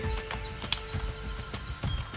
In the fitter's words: and finally the tail and it clicks right into the back